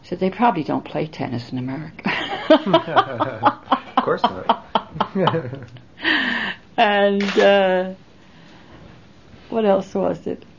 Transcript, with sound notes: She said, "They probably don't play tennis in America." ( they laugh )
Of course not. ( he laughs )
And, what else was it?